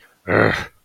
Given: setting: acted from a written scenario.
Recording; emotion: vocal sound without words; anger